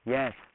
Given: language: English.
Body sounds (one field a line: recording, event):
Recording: throat vibration sensor signal played as sound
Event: speech